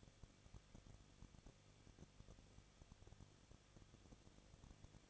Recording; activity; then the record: daily activity, microphone in the room; no activity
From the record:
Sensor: 4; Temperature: 23.0 degrees Celsius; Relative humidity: 34.2%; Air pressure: 1007.4 hPa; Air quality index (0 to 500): 212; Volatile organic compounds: 14 ppm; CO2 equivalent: 2437 ppm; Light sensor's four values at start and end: 2/3/1/1 and 2/3/1/1